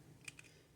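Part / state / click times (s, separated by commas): pilot miniature into model cockpit via magnets / seated / 0.3 s, 0.4 s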